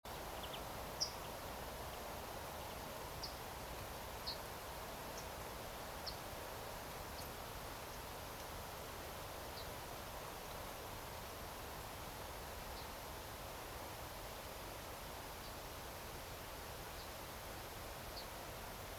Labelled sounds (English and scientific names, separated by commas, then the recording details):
European Greenfinch (Chloris chloris), unidentified sound, Yellowhammer (Emberiza citrinella)
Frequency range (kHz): European Greenfinch (Chloris chloris) 2.1-4.0 kHz; Yellowhammer (Emberiza citrinella) 3.4-7.3 kHz
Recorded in France